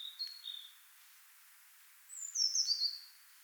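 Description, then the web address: Eurasian blue tit: a brief thin note pair, a pause, then a bright phrase of high, descending notes sliding into a trill. "SETE data Cyanistes caeruleus"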